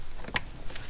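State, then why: Seated. A plastic electrical connector is pushed back onto the MAP sensor on the engine intake of a 2016 Honda CR-V while the intake tube is being installed. A single sharp, bright click sounds at 0.4 s, with fainter ticks just before and after, over a low background hum. The connector clicks in and is seated.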